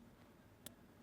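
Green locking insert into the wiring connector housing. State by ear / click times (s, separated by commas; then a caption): seated / 0.7 s. After the wire pins are pushed in, a green plastic locking insert is slid into the brake controller wiring connector housing and gives a single short, sharp click at 0.7 s against quiet background noise. The insert is seated and locks the wires so they can't come out of the connector.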